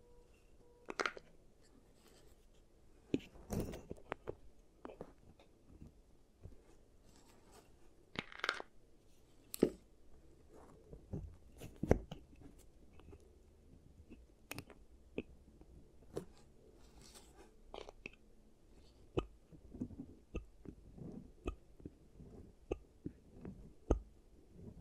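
Quick clicks, taps and small scraping sounds from an ASMR teeth treatment pop out one at a time against a low, quiet hum. They come irregularly, about one or two every second, with a few brighter, louder snaps near 3, 8 and 12 seconds.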